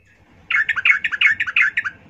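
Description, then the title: Yellow-vented Bulbul song: a bubbly, chattering run of quick warbled notes, lasting about one and a half seconds. Trucuk singing in the lively ropel ngalas style, used as a lure to prompt other trucuk birds to sing. "GACOR Ropel Ngalas Pancingan Trucukan Agar Bunyi Jadikan Burung Trucuk"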